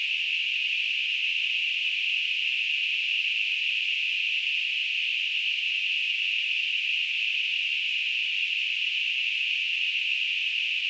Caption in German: Tinnitus.